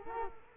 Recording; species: mosquito wingbeat signal from an infrared sensor; Culex quinquefasciatus